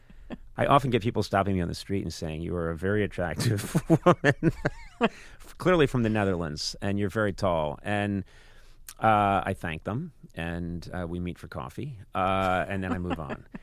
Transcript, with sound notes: I often get people stopping me on the street and saying you are a very attractive woman (laughter) clearly from the Netherlands, and you're very tall. And I thank them, and we meet for coffee, and then I move on.